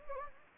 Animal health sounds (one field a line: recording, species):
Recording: mosquito wingbeat signal from an infrared sensor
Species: Anopheles gambiae